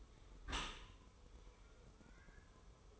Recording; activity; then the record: daily activity, microphone in the room; close dishwasher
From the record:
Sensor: 1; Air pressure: 1015.0 hPa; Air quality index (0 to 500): 26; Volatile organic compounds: 1 ppm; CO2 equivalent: 506 ppm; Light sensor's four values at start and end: 13/30/12/13 and 13/30/12/13